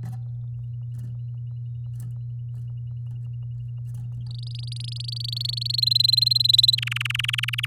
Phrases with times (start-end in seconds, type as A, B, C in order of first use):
4.26-5.80 A, 5.82-6.75 B, 6.78-7.66 C